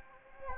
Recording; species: mosquito wingbeat signal from an infrared sensor; Anopheles gambiae